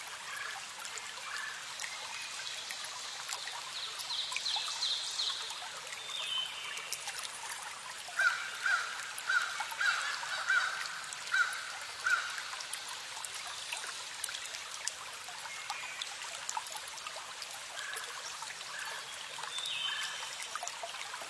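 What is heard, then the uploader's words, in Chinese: Wind in pines and spring water over stones make a steady, airy hiss with fine trickling detail throughout. From about 8 to 12 seconds a run of short, bright calls repeats roughly every half second, standing above the flow before fading back into it. 林间松韵,石上泉声。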